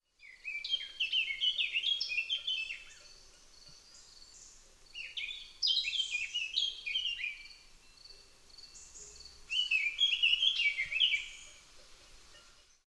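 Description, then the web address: Bird singing three phrases of jumbled, high twittering and warbling notes, each two to three seconds long, separated by short pauses. "aves"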